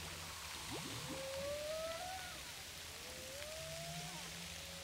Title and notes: baleines à bosse au large de saint paul forte houle